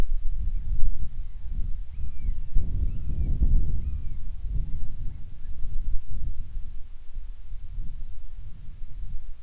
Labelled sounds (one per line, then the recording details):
bird
wind
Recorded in the Arctic National Wildlife Refuge, Alaska, on 10 July 2019 at 17:47
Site 44